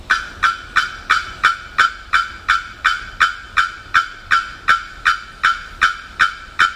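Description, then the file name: Bearded bellbird hammering out a long run of sharp, ringing clank notes, evenly spaced at nearly three per second, every stroke loud and percussive. Recorded 27 October 2001. "2001-10-27 Bearded Bellbird"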